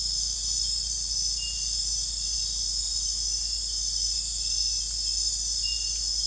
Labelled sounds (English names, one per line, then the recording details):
none
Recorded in secondary vegetation near Puerto Asís, Putumayo, Colombia, on 21 December 2024 at 00:00
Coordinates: 0.484, -76.319
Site GP06